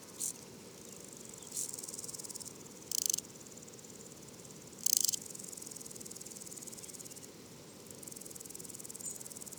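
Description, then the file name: Woodland grasshopper stridulation: faint high pulsed rasping with two louder short bursts and brief separate clicks. Duetting grasshoppers producing different long and short stridulations, recorded at le Puech, France, 32-bit, with a modified Earsight omni microphone. "criquets noirs ebenes differentes stridulations longue breves criquets duettistes le Puech F"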